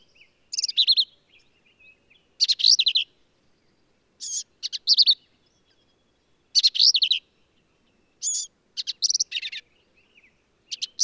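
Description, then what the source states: Black-capped vireo singing emphatic phrases of quick slurred notes with short pauses, each phrase slightly varied. Male; endangered species; varies phrases, truncating, embellishing or running several together; lively, emphatic performance; Kerr Wildlife Management Area, Hunt, Texas hill country.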